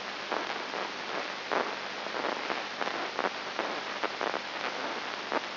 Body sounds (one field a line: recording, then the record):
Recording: brain microelectrode recording played as sound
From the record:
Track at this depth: inside the subthalamic nucleus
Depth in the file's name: 4.901 mm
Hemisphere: left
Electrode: 2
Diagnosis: Parkinson's disease